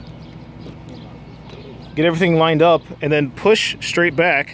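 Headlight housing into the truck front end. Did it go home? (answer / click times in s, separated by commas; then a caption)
no / none. A headlight housing is being aligned around the grille of a 2009–2014 Dodge Ram 1500 truck front end, with a gap still showing, before it is pushed straight back into place. Low background noise is followed by someone talking from about 2.0 s onward. Nothing has seated or clicked yet.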